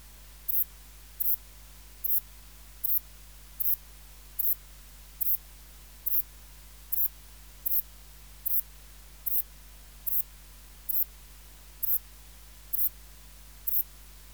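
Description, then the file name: Ephippiger cruciger bush-cricket song, a long regular run of short shrill chirps, nearly identical each time, above a quiet background hum. "Ephippiger cruciger"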